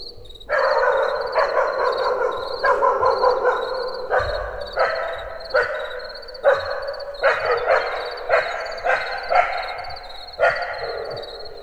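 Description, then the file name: Dogs barking, a steady run of short repeated barks for several seconds, over a constant high chirping of crickets in the background. Several dogs barking in the distance in a forest in the evening, with crickets. "estavolbanugatokutyak egerturistahaz"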